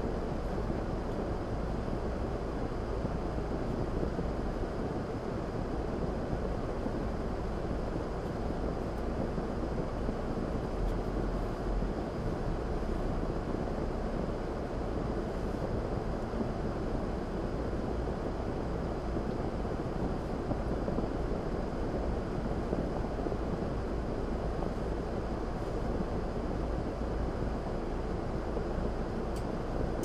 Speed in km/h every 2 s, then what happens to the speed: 2, 0, 2, 0, 0, 8, 8, 6, 6, 6, 5, 3, 3, 0, 0.
0-9 standing. 9-11 pulls away to 8. 11-25 steady at about 6. 25-30 standing.